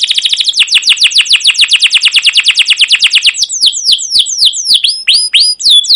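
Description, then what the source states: Canary song opening with a rapid even roll of chirps, then breaking into slower, varied whistled sweeps and twangy notes. Canary song with long continuous singing, cuit cuit calls and ngerol rolling trills, used as a pancingan lure to train other canaries.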